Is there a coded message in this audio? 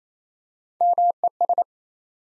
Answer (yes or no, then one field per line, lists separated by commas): yes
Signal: Morse code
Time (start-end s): 0.8-1.6 s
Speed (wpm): 27 wpm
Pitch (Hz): 700 Hz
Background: none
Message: MES